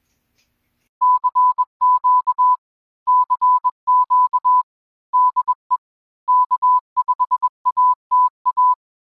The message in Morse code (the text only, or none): CQ CQ DE K5ATA